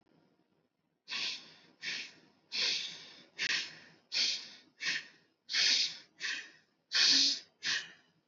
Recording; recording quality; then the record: shallow breathing; excellent, no background noise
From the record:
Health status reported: healthy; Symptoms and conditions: none ticked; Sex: male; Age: 26 years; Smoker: not ticked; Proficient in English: yes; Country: India